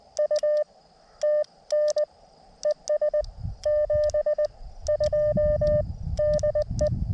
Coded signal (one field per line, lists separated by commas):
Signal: Morse code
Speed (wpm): 20 wpm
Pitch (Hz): 1200 Hz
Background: none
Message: U TN ES 72 DE